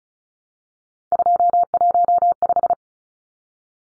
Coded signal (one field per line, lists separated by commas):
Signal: Morse code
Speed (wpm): 34 wpm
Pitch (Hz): 700 Hz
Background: none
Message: 215